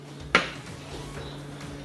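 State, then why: Torque reached. A click-type torque wrench set to 10 Nm tightens an engine timing-cover bolt on a Ford 3.5/3.7 engine. At 0.4 s there is a single sharp metallic click as the wrench breaks at its setting, over a low steady hum. The bolt is torqued to spec.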